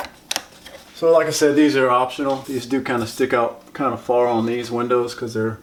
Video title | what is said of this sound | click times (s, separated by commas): Replace 2" Blinds - Home Decorators Collection | Put the bottom in first and then click it to the top. | 0.3 s